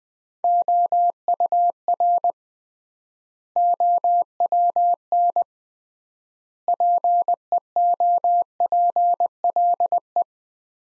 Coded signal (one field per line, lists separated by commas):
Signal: Morse code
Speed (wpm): 20 wpm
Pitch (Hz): 700 Hz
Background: none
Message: OUR OWN PEOPLE